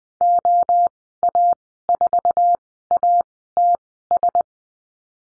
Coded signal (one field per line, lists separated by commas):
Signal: Morse code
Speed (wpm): 20 wpm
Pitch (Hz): 700 Hz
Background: none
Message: OA4ATS